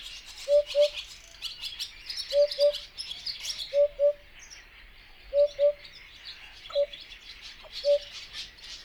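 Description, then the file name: Eurasian hoopoe hooting in soft, low doubled notes, ending with single hoots, while other small birds twitter and chirp at higher pitch. Subspecies epops, recorded at Yekpyndy, Kazakhstan, on 26 May 2011. "110526 ehoop-epops kz yekpyndy"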